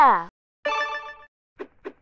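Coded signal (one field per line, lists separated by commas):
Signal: none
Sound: beeps in a pop song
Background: speech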